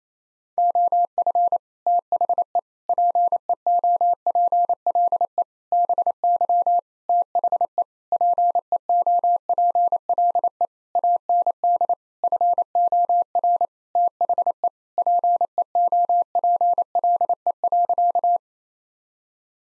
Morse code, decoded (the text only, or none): OF THE PEOPLE BY THE PEOPLE AND FOR THE PEOPLE.